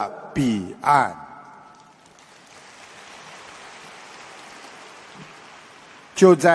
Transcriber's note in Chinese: 掌声